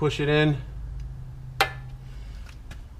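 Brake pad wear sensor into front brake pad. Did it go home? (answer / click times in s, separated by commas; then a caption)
yes / 1.6 s. Someone talks, then a brake pad wear sensor on an E36 M3 is pushed into its socket in the front brake pad. A sharp, loud click sounds at 1.6 s as the metal retaining fingers grip the sensor, and it is seated.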